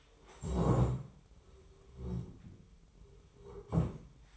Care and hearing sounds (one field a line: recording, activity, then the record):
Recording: daily activity, microphone in the room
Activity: stand up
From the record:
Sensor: 1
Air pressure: 1005.1 hPa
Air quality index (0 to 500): 124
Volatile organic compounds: 5 ppm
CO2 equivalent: 1728 ppm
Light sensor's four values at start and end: 11/27/11/12 and 11/26/11/11